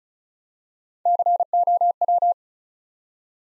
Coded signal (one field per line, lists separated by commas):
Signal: Morse code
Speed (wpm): 34 wpm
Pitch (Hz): 700 Hz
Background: none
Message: COW